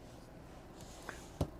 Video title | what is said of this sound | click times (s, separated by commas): 2002 DOUBLE SLIDE PREVOST FEATHERLITE, GORGEOUS BUS. | pretty nifty it locks into place so you can put like a printer or whatever you need here lock it right in place | 1.1 s, 1.4 s